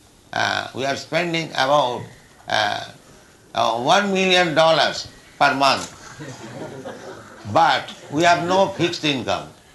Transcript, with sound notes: We are spending about one million dollars per month, [laughter] but we have no fixed income.